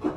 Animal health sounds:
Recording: pig call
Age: growing-finishing pig (85 days or more)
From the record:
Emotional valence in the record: positive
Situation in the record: run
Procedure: transit

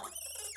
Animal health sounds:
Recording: pig call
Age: piglet (1 to 25 days)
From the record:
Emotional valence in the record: negative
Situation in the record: long isolation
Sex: male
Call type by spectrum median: high-frequency call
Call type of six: high-frequency stable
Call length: 0.56 s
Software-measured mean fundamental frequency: 304 Hz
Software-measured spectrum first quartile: 2718 Hz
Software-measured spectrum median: 6898 Hz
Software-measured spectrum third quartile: 9413 Hz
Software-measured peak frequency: 9189 Hz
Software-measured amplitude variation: 183 dB a second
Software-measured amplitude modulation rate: 24.8 a second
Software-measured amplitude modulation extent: 7.4 dB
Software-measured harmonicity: 7.5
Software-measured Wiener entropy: -2.97

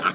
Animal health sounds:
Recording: pig call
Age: piglet (1 to 25 days)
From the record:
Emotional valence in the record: positive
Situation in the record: before nursing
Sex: male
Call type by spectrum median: low-frequency call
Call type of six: low-frequency tonal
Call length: 0.14 s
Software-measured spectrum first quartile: 1206 Hz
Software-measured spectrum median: 1461 Hz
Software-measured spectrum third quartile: 2548 Hz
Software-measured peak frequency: 1320 Hz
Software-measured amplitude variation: 211 dB a second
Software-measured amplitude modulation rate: 3.6 a second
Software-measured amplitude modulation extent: 59.5 dB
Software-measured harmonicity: 4.7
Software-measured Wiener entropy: -1.36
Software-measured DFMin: 849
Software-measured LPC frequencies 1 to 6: 1350, 2403, 2977, 3665, 4542, 5421 Hz

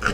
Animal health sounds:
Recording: pig call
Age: piglet (1 to 25 days)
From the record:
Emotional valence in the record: positive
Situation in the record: after nursing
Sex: female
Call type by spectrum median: low-frequency call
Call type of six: low-frequency stable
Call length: 0.13 s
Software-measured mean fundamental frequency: 65 Hz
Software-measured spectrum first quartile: 238 Hz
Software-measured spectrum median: 1171 Hz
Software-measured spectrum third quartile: 1662 Hz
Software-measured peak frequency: 1391 Hz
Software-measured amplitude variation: 151 dB a second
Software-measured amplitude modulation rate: 18.9 a second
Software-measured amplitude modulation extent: 8.0 dB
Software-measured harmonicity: 3.8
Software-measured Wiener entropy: -1.31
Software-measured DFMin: 1264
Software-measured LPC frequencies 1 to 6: 1397, 2630, 2928, 4171, 4947, 5433 Hz

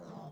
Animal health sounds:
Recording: pig call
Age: piglet (1 to 25 days)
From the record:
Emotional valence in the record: negative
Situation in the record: long isolation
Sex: male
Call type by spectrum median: low-frequency call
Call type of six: low-frequency stable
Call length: 0.32 s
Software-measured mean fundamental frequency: 83 Hz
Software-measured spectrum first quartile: 189 Hz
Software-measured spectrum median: 411 Hz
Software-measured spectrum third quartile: 767 Hz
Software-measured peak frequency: 178 Hz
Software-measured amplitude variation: 135 dB a second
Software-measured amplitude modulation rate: 32.8 a second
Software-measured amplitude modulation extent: 4.1 dB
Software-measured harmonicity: 1.0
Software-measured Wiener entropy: -0.08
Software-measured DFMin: 1034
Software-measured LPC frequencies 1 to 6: 663, 3329, 3971, 5119, 9759, 10411 Hz

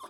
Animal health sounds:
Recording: pig call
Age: piglet (1 to 25 days)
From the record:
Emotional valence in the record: negative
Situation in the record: short isolation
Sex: female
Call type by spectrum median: low-frequency call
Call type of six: low-frequency tonal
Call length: 0.09 s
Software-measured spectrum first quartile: 967 Hz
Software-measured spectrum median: 1328 Hz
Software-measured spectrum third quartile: 5395 Hz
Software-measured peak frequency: 1043 Hz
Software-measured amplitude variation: 137 dB a second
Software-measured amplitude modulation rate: 11.0 a second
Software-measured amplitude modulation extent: 12.4 dB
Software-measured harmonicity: 6.3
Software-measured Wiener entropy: -3.29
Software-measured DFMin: 585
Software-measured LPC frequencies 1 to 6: 1084, 3272, 3541, 5228, 6399, 7543 Hz

